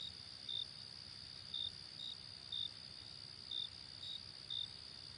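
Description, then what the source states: Cricket chirps, brief high pulses every half second to second above a constant shrill insect hum and steady hiss. Night ambience.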